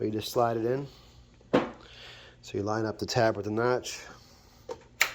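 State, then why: Seated. Someone talks while lining up the tab on a plastic wheel retaining pin with the notch in the body of a Zodiac MX6/MX8 robotic pool cleaner, then presses the pin down into place. A faint tap comes at 4.7 s, followed by a sharp click at 5.0 s as the pin seats. A pull test then confirms the pin is firmly in place.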